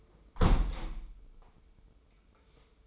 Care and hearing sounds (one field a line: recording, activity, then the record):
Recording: daily activity, microphone in the room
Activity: close window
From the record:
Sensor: 1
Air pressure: 995.7 hPa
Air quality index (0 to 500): 44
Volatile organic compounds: 1 ppm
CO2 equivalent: 760 ppm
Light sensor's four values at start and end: 30/104/40/42 and 30/103/39/41